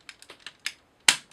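A hinged plastic part is lined up and pushed into the body of a Mastermind Creations R-03 Bovis transforming robot toy; the part tends to fold on its hinge, and keeping it at a straight angle helps it go in. A few light plastic ticks sound between 0.1 and 0.7 s, then a sharp, loud click at 1.1 s as the part snaps into place, seated.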